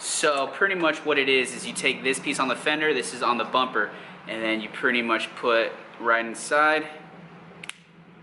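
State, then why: Seated. Someone talks while a bumper-side quick-release tab on an LS400 is pushed into the quick-release bracket bolted onto the fender. Two sharp plastic clicks land at 7.6 s and 7.7 s as the tab snaps into place, and the bumper is seated in the bracket while still able to pivot.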